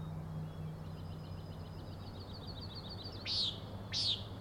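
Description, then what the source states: Common nighthawk, two loud buzzy peent notes in quick succession near the end, after a drawn-out high pulsed trill. Three birds giving peenting calls, flying in close follow-the-leader formation, remarkably close to the recordist; Overlook, Schoodic Head, Acadia National Park, Winter Harbor, Maine; 16 June 2017, 4am.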